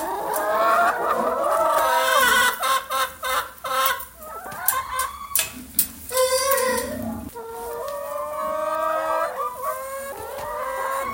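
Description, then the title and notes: Chicken: hens clucking in a busy chorus, drawn-out nasal calls mixed with short sharp knocks. Hens in their usual enclosure. "Galiñas Coens. Nesta paisaxe sonora, escoitase o gran son das galiñas no seu recinto habitual"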